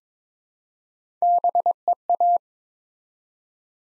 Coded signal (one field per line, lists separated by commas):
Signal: Morse code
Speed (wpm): 22 wpm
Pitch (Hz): 700 Hz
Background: none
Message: BEA